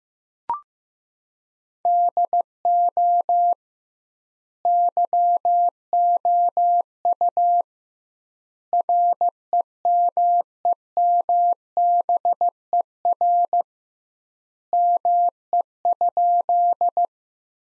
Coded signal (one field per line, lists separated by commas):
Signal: Morse code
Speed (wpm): 16 wpm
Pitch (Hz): 700 Hz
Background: none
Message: DO YOU REMEMBER ME?